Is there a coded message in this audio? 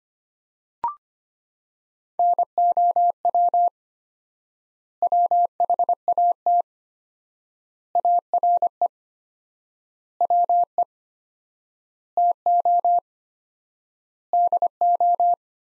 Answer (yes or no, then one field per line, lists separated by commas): yes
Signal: Morse code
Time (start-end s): 2.2-15.3 s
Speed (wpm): 25 wpm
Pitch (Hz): 700 Hz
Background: none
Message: NOW WHAT ARE WE TO DO